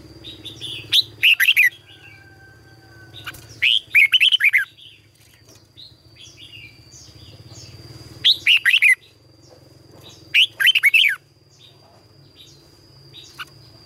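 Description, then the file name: Red-whiskered bulbul song: short bursts of bright, bubbly whistled notes given in phrases every few seconds, over a steady high whine. "Tieng chao mao hot"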